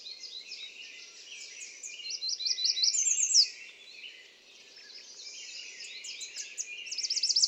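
American redstart song: high, rapid series of thin notes, heard twice, the first ending in a sharp slur.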